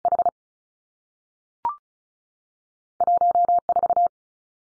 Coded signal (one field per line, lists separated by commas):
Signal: Morse code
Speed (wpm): 36 wpm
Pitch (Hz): 700 Hz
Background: none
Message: H 1 4